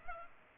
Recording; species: mosquito wingbeat signal from an infrared sensor; Culex pipiens